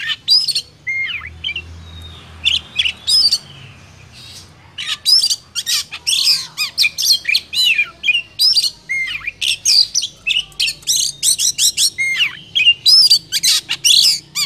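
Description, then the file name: Oriental magpie-robin song, a dense stream of whistled slurs and scratchy buzzy notes after a short opening phrase and a quieter lull, delivered almost without pause. Lure recording of kacer song used for trapping birds. "suara burung kacer pikat"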